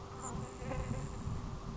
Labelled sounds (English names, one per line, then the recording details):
Grasshopper Sparrow
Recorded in Sonoma County, California